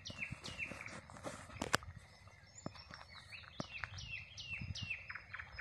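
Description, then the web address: Common nightingale song: repeated downslurred whistles, with clicking and knocking sounds among them. "rossignol ordinaire chant du rossignol"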